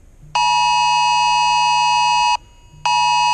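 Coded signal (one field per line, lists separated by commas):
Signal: Emergency Alert System (SAME) tones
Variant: 853 and 960 Hz attention tone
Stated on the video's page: Nationwide EAS test sent to radio and television, coordinated by FEMA and the FCC.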